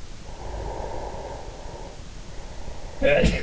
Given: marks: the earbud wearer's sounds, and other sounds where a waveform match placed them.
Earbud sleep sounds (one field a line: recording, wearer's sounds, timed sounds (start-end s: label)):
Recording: sounds in sleep by an in-ear microphone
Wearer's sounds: snoring breath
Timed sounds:
0.18-3.43 s: snoring breath
2.88-3.43 s: sound from someone else or the room